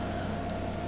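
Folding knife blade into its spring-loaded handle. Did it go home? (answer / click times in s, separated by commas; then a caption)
no / none. The blade of a Colt CT660 Copper Series Moose slipjoint pocket knife is handled as it folds into its spring-loaded handle with a backspring. Only a steady low hum with a constant tone is heard, with no sharp transients. Nothing has seated or snapped home yet.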